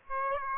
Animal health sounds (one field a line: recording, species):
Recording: mosquito wingbeat signal from an infrared sensor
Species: Aedes aegypti